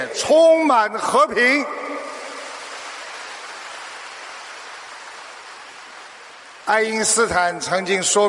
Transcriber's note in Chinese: 掌声